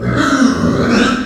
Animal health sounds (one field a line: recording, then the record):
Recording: squeal of a Yucatan mini pig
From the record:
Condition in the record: after surgery on the right vocal fold (resection and tissue-engineered implant)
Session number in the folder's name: 7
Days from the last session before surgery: 47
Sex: female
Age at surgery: 19 weeks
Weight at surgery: 25 kg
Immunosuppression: prednisolone